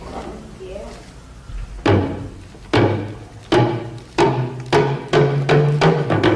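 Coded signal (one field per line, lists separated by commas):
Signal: talking drum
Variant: Dagomba luna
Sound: quiet opening, then about ten resonant drum strokes whose low pitch bends between hits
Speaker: if you don't understand the language you don't know that i'm speaking a musical poetry that says something about tradition tradition is given to our grandparents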